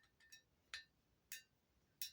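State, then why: Seated. The adjustment on the metal adjustable gas block of a BCA 8.6 Blackout rifle is turned, with its spring-loaded ball detent recessed and the set screw locked down. Faint ticks lead into three sharp metallic clicks at 0.7, 1.3 and 2.0 s as the ball snaps into its detent positions. The adjuster clicks into place and stays put.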